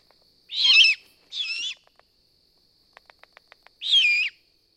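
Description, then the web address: Great horned owl giving harsh, raspy screeches: three hissing bursts, two close together and one after a pause, with a short run of faint dry clicks between. "Wildlife Sounds. Great Horned Owl"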